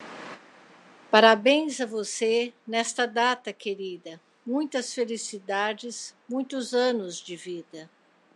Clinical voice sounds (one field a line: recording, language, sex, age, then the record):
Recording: short text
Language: Brazilian Portuguese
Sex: female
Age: 60 to 69 years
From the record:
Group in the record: control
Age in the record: 62 years